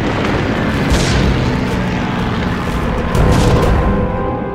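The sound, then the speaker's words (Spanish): A loud, continuous roar of diving warplanes firing on a miners' camp fills the air, punctuated by deep booming explosions and rumbling bursts that swell and crash throughout, with no voices. “Los aviones caían en picada sobre nosotros, como rayos de luz.”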